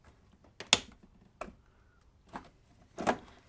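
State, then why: Not seated. A miniature dollhouse part is pressed by hand into its mating piece during assembly, giving a pair of sharp plastic-like taps at 0.6 and 0.7 seconds, the second the loudest, then another tap at 1.4 seconds and softer knocks around 2.4 and 3.1 seconds. The part has not seated or clicked into place.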